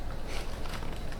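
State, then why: Not seated. An accessory mount is handled along the channel of a Team Wendy bump helmet's side rail, making a steady, low-level rustling and scraping with no sharp transients. Nothing has seated or clicked yet; the mount is not yet home.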